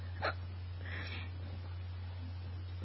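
A single sharp, abrupt hiccup sounds near the start, followed by a faint breathy sound about a second later, over a steady low electrical hum. It is an ordinary hiccup, a brief involuntary catch of breath cut off by sudden closure of the throat, in an adult with an ongoing bout of hiccups that are getting fast again.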